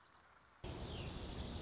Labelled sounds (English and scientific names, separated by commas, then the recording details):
Dark-eyed Junco (Junco hyemalis)
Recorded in Sonoma County, California